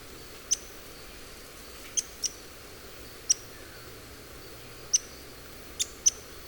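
Pink-legged graveteiro uttering isolated sharp, high-pitched ticks, about one to two seconds apart, some in quick pairs, against a faint steady high drone.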